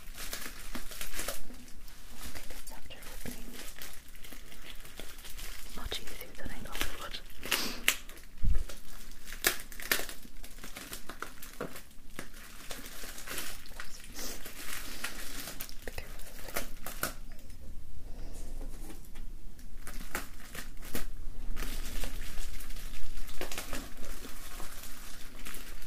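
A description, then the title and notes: Festive decorations crinkle and tap in a dense, restless run of crisp, bright rustles that rarely pause. Short sharp taps and crackles come every second or so, with a heavier knock near nine seconds and louder bursts toward the end. ASMR: Festive Decoration Sounds - Tapping, Crinkling.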